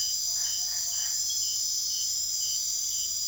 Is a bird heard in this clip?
no